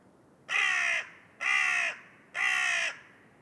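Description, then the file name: Carrion crow cawing: three loud, harsh, even caws, each about half a second long, spaced roughly a second apart. "Corvus corone"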